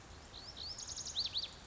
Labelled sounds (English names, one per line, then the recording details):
Lazuli Bunting
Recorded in Sonoma County, California